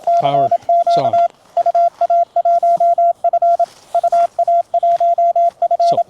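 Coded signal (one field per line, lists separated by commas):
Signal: Morse code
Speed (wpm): 27 wpm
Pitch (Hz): 690 Hz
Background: speech, radio noise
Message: CQ UA1F UA1F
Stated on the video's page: CW QSO on 20m at 10W QRP on battery from an Elecraft KX2 with an MC-750/JPC-12 portable vertical in the snow.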